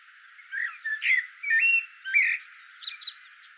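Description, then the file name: Eurasian blackbird song of short mellow whistled notes, some slurred, followed by thin, sharp high squeaks. "Turdus merula"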